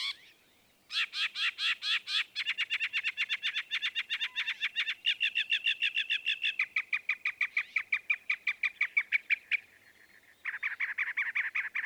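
Northern mockingbird song: long, rapid series of repeated notes changing type several times, ending in a fast harsh chatter after a short pause.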